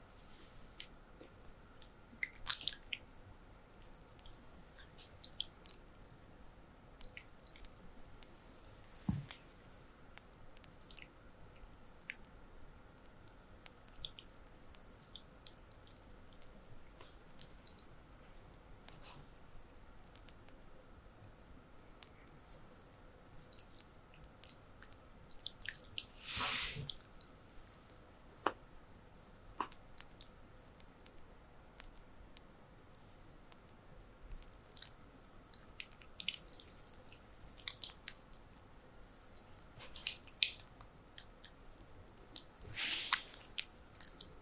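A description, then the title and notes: Oil being worked into feet during a massage gives soft, wet squishing and small slick clicks that come and go irregularly across the whole stretch. A few sharper, louder wet smacks stand out near 3, 26 and 43 seconds, over a faint steady hum. Feet massage with oil.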